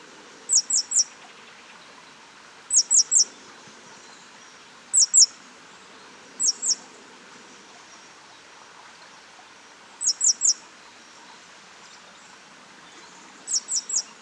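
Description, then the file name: Great tit calling with clusters of two or three sharp, high descending notes, the clusters repeating every few seconds against faint background noise. "Parus major"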